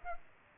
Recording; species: mosquito wingbeat signal from an infrared sensor; Culex pipiens